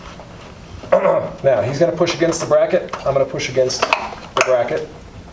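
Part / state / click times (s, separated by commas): roller shade motor end into mounting bracket / not seated / none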